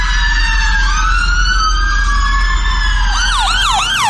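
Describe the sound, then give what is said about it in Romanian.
Sirens of dozens of ambulances heading to the site of an explosion at Manchester Arena blare loudly, several overlapping tones sliding slowly in a long wail before one switches to a fast, rapid up-and-down yelp over a low rumble of traffic. “20 de minute mai târziu, poliția a anunțat că intervine în legătură cu un incident la Manchester Arena, iar în scurt timp au apărut pe internet imagini cu zeci de ambulanțe care se îndreptau spre locul exploziei.”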